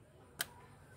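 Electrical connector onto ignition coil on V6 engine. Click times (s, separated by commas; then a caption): 0.4 s. An electrical connector is pushed back onto an ignition coil on the Honda 3.5 VTEC V6 engine of a 2010 Honda Odyssey after changing to NGK Laser Iridium 3657 spark plugs. A single sharp, bright click sounds at 0.4 s over a quiet background. The connector is seated on the coil.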